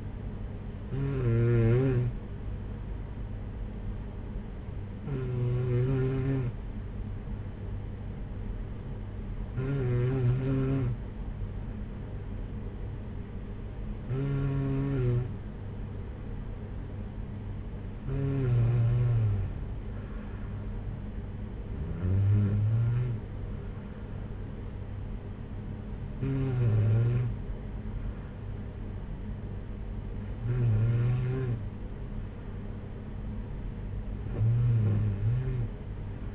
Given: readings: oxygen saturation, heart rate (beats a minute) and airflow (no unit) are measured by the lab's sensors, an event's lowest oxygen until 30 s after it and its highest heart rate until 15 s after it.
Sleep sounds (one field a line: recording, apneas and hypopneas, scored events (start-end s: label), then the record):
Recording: breathing in sleep by a smartphone at the bedside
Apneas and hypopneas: none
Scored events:
none scored
From the record:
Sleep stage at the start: N2 (light sleep)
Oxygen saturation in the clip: 94 to 95%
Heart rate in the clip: 51 to 64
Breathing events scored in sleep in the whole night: 226 in 8.8 hours asleep